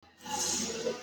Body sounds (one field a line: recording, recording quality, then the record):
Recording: sustained vowel as in boot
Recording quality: poor, much background noise or distortion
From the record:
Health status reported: healthy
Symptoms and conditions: none ticked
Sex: female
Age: 23 years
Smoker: not ticked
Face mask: worn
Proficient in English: yes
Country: India